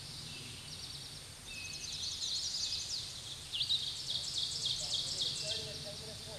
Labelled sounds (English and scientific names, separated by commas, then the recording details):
Ovenbird (Seiurus aurocapilla) song
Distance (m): 40 m
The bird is about 10 m above the microphone
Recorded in a Pennsylvania forest on 16 May 2024 at 06:47
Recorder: AudioMoth, point MSD-2417
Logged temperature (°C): 16.4 °C
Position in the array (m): 90 m, 38 m